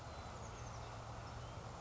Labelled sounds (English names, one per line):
Oak Titmouse